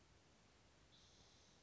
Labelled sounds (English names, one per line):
Spotted Towhee